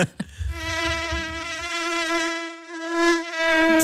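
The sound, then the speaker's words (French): A high, whining insect buzz drones steadily for several seconds, its thin pitch wavering slightly, with a few low thumps near the start and no voices. “Vabona, votre arme contre les insectes.”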